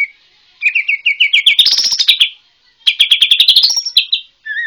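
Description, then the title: White-rumped shama singing two quick rattling runs of rising repeated notes, separated by a short pause, ending with a wavering whistle. White-rumped shama from Borneo. "MURAI BORNEO MAS KIKI"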